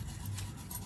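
A new spring-steel rear brake pad abutment clip is pressed into the caliper mounting bracket of a 2020 Nissan Rogue SV, over a steady low rumble. It snaps into place with a short, sharp click at 0.3 s, and the clip is seated.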